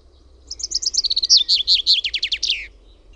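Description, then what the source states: Common chaffinch song, a rapid series of sharp high notes running down to a ringing flourish at the end. Song recorded in Finland by the recordist.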